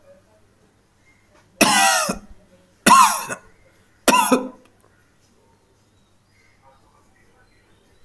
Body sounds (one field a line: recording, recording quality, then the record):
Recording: heavy voluntary cough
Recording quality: excellent, no background noise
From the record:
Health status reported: healthy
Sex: male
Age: 37 years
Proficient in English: yes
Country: India